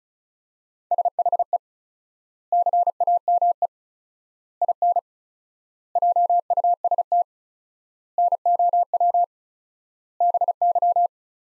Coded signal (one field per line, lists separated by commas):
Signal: Morse code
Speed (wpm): 36 wpm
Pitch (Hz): 700 Hz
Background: none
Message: SHE CAME IN JUST NOW BY